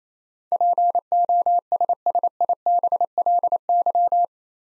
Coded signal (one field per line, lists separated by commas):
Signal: Morse code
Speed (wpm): 28 wpm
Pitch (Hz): 700 Hz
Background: none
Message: POSSIBLY